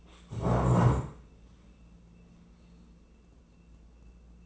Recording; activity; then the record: daily activity, microphone in the room; stand up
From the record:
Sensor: 1